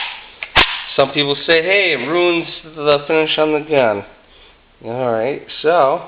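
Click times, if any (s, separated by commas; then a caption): 0.4 s. A handgun is drawn from a kydex holster and breaks past the retention with a sharp click at 0.4 seconds, releasing the pistol. Someone then talks.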